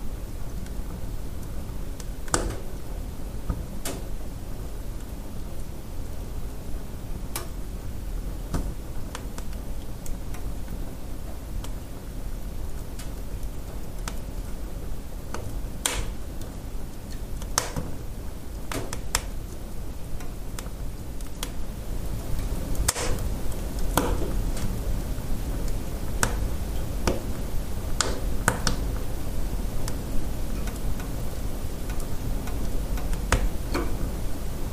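A wood stove fire burns with a steady low roar, broken by sharp, irregular crackles and pops every second or two throughout.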